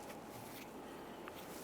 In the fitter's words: align it press it in listen for a click